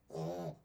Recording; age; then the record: pig call; piglet (1 to 25 days)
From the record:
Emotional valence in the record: negative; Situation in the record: restrain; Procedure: back test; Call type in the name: low-frequency call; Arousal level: low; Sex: male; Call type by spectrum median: low-frequency call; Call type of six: low-frequency stable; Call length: 0.65 s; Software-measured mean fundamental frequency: 56 Hz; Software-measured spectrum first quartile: 219 Hz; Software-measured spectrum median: 428 Hz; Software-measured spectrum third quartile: 687 Hz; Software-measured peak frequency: 601 Hz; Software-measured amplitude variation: 143 dB a second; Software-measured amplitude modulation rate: 25.3 a second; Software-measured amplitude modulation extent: 5.7 dB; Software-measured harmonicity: 1.7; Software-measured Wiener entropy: 0.09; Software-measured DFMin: 1077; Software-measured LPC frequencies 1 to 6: 568, 2740, 3736, 4626, 5389, 5834 Hz